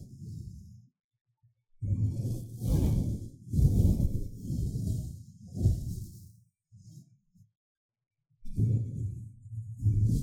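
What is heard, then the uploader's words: Blowing and brushing against a microphone come in rough, breathy bursts with a deep rumbling thump underneath and airy hiss on top. A long run of gusts fills the second to sixth seconds, broken by near silence before more puffs return near the end. 吹氣&&撫摸麥克風. Ear Blowing & Mic Touching, Brushing. NO Talking.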